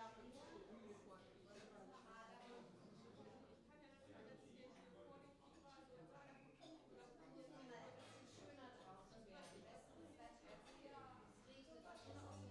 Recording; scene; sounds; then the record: everyday scene through a hearing-aid microphone; many people talking; many voices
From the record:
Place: parish hall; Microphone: in the ear canal, left